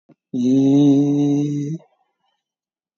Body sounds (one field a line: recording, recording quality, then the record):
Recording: sustained vowel as in beet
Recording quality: excellent, no background noise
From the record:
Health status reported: COVID-19 positive, moderate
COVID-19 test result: positive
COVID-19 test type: RT-PCR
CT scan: taken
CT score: 10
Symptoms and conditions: cough, cold, fever, fatigue, muscle pain, loss of smell and taste, diarrhoea, diabetes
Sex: male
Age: 47 years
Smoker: no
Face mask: worn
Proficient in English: yes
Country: India